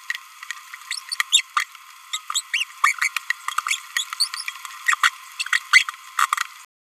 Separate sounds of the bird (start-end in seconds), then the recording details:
0.91-0.98, 1.32-1.41, 1.56-1.64, 2.13-2.18, 2.34-2.42, 2.54-2.64, 3.67-3.79, 3.96-4.03, 4.20-4.27, 4.87-4.95, 5.03-5.08, 5.53-5.58, 5.73-5.83, 6.17-6.26. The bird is a male. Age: 27 days. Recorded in a nest box in Venezuela. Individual 17B31A2